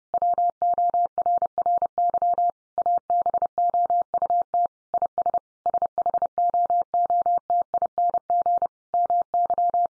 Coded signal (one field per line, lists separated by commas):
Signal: Morse code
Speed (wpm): 30 wpm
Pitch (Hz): 700 Hz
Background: none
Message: WORRY ABOUT IS SHOOTING MY